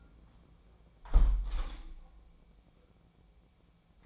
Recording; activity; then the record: daily activity, microphone in the room; close window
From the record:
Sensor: 1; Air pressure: 1012.4 hPa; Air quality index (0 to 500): 169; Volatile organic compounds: 3 ppm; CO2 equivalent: 1379 ppm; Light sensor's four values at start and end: 229/525/232/257 and 231/530/235/258